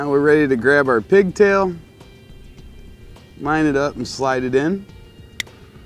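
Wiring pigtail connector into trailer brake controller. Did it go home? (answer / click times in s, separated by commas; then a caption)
yes / 5.4 s. Someone talks while a plastic wiring pigtail connector is lined up and slid into the socket of a Tekonsha Voyager trailer brake controller being set up on a 2016 Ford F-150. A short, sharp click comes at 5.4 s as the connector seats, showing it is locked in and will hold when pushed and pulled.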